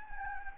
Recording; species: mosquito wingbeat signal from an infrared sensor; Anopheles gambiae